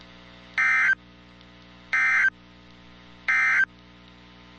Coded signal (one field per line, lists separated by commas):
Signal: Emergency Alert System (SAME) tones